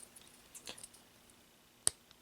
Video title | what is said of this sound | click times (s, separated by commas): Transformers The Last Knight Deluxe Premier Edition Mission to Cybertron Skullitron and Steelbane | you'll hear that, and I don't know if you heard that, but you'll at least feel a click. | 1.9 s